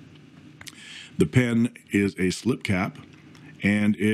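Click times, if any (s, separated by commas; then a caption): none. The slip cap of a vintage Sheaffer Targa fountain pen is handled near the pen body, where it is meant to click via its inner clutch onto the small raised gold band above the section. Two brief faint ticks of handling come at about 0.6 and 0.7 s while someone talks. Nothing has seated or clicked yet.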